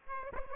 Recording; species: mosquito wingbeat signal from an infrared sensor; Aedes aegypti